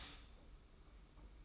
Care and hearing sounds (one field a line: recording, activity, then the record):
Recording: daily activity, microphone in the room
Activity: stop toaster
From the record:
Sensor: 1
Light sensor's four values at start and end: 33/109/42/44 and 33/109/42/44